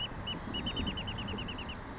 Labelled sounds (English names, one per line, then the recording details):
Wrentit
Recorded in Sonoma County, California